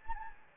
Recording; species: mosquito wingbeat signal from an infrared sensor; Anopheles gambiae